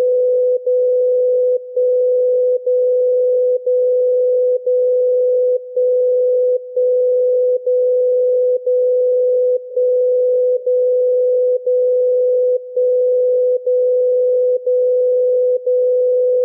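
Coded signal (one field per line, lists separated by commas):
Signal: radio time signal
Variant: DCF77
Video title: DCF 77 Time signal Mainflingen Germany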